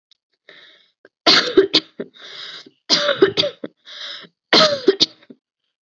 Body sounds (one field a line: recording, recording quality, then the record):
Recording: heavy voluntary cough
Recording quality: excellent, no background noise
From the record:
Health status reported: healthy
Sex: female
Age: 20 years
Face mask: not worn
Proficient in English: yes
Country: India